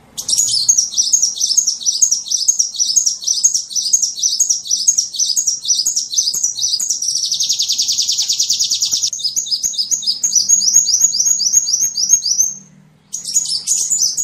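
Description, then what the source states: Sunbird song: dense, very high twittering phrases run together without break, a buzzy rattling trill in the middle, then a short pause before the chatter resumes. Singing in full song (gacor), with phrases copied from the cililin and the canary.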